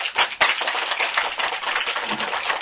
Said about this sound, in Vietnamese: Chịu thì cho tràng pháo tay.